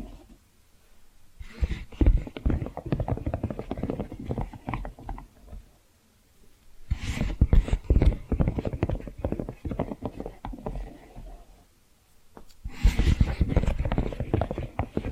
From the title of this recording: Hypnotic Tapping & Scratching Sounds